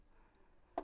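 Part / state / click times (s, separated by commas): needle plate into sewing machine bed / seated / 0.8 s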